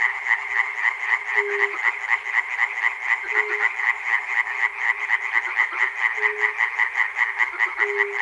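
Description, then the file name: Frog chorus of fast, rasping pulsed croaks running continuously, broken every couple of seconds by a short low droning note. Frogs recorded at Chernobyl. "peter cusack-chernobyl frogs"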